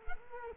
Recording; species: mosquito wingbeat signal from an infrared sensor; Culex quinquefasciatus